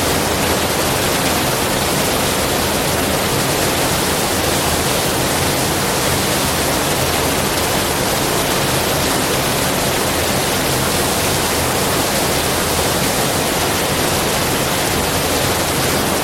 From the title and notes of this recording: 雨伴｜rain beside you.